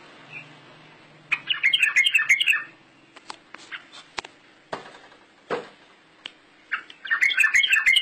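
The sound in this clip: Bird song: two bursts of quick, twittering chirps at the start and end, with several sharp knocks and taps in between.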